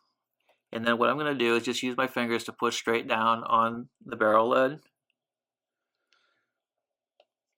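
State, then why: Partly seated. Someone talks, then after a pause a faint tick at about 6.1 s is followed by a sharp, quiet snap at 7.2 s as a steel barrel lid is pressed straight down by finger into the mainspring barrel of a Sellita watch (A. Schild 1187 movement), using a barrel closing tool. The lid snaps in but only partly seats: one side still sticks up and is not flush with the top of the barrel, so it has to be pressed down further.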